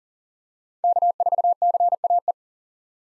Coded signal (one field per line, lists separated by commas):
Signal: Morse code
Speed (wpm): 37 wpm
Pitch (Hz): 700 Hz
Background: none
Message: K4CAE